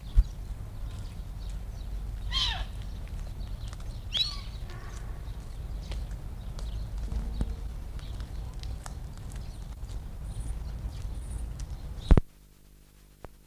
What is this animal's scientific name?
Axis axis